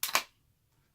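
The clear plastic safety cover on a split-end hair trimmer body is pulled apart and pops off. Two sharp plastic clicks ring out at 0.0 and 0.2 seconds, then the clip falls quiet, leaving the cover released from the trimmer.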